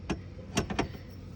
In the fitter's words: Push up with your back. It locks in place. That's it. Now that's set.